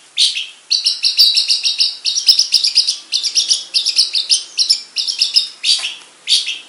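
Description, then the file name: Long-tailed shrike delivering a dense, scratchy chattering song of clustered harsh notes in quick succession, broken by brief gaps. Banyuwangi and Madura cendet types. "Suara Cendet Banyuwangi dan Madura"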